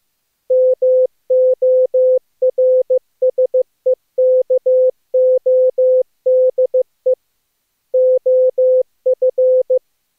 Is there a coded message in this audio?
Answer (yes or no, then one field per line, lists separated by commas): yes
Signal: Morse code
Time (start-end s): 0.5-9.8 s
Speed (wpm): 15 wpm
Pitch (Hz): 510 Hz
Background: none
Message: MORSEKODE OF